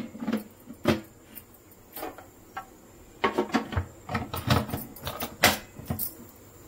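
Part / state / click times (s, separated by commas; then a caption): food processor bowl/lid into motor base safety interlock / seated / 5.4 s. After a steel cutting blade is fitted, a food processor's bowl and lid are set on the motor base and twisted, giving a series of plastic knocks and scrapes. The bowl locks into the base's safety interlock with a sharp click at 5.4 s, so it is seated and the machine's sensor will now let it start.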